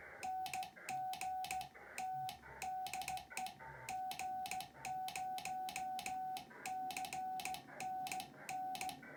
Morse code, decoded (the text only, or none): NGT DE G0CNN